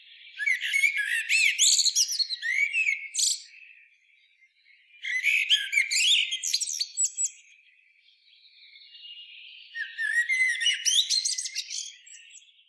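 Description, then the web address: Common blackbird song: three phrases, each mixing low fluted whistles with high, squeaky twittering, spaced about every four to five seconds. "SETE data Turdus merula"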